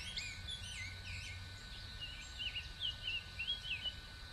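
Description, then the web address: Several birds chirping and twittering together, notes swirling and overlapping, growing busier toward the end, over a steady tone and soft low hum. Many birds calling in Bexar County, Texas, on the morning of 26 March 2006. "bexar Many Birds 20060326 AM"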